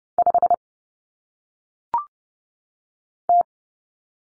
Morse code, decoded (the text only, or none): 5 T